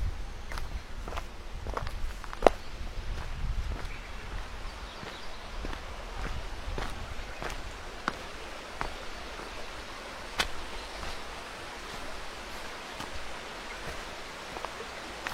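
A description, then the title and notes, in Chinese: Footsteps crunch along a woodland path at an even walking pace, with sharper steps near 2 and 10 seconds. A steady hiss of wind and running water fills the background, with a low gusty rumble during the first few seconds. 伴着鸟和风，水的声音走在林间小道。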